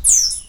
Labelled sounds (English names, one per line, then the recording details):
Stitchbird song
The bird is a male
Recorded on Tiritiri Matangi Island, New Zealand, in 2005
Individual 7, of nest box 9